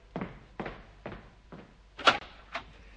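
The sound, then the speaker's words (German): A door is unlocked and opened: a steady run of six dull clunks and knocks from the lock and latch, the fifth louder with a bright metallic clank. No voices are heard. “Bittchen, einen Moment noch Geduld. Ich komm gleich an die Tür.”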